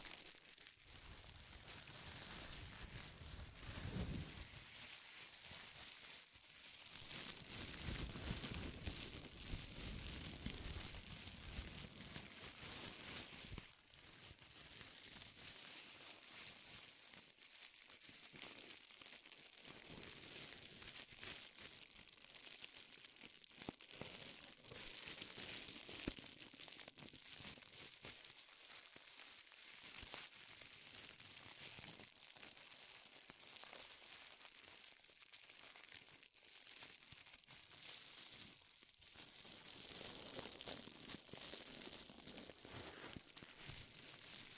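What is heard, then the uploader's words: Dense, continuous crinkling fills the whole stretch, bright, with brief pauses near 14 and 38 seconds and bursts of low rustle. ASMR Powerful Crinkles to Make You Tingle (No Talking).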